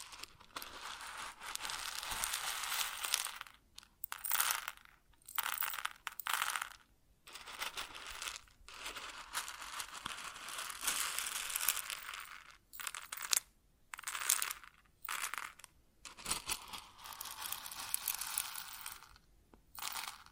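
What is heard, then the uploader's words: Grain pours and rustles in bursts, a dense, bright hiss of countless tiny particles with little low end. The flow runs for a few seconds at a time, then stops in short silences, near 4, 7, 12.5 and 16 seconds, before starting again. ASMR Grain Sounds (No Talking).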